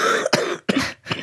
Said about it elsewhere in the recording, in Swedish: Hör du då att det liksom rosslar i lungorna? Det går ju aldrig över ordentligt jag har legat däckad 2 gånger på 1,5 månad ungefär.